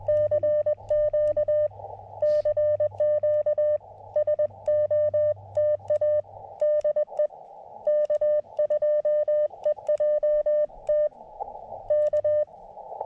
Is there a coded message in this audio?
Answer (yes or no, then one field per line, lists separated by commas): yes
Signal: Morse code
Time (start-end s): 0.1-12.4 s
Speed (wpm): 20 wpm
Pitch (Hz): 600 Hz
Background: none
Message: CQ CQ SOTA DE K2EJT K